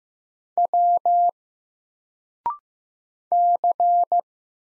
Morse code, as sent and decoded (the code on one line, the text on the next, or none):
.-- / -.-.
W C